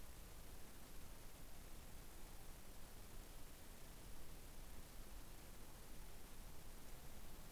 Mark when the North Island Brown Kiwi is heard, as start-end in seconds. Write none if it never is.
none